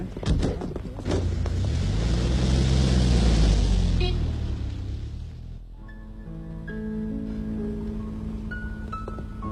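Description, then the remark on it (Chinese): A car engine rumbles loudly, its pitch sweeping up and down as it pulls off, then the noise fades out after about five seconds, leaving soft, steady tones. “汽车慢一点。”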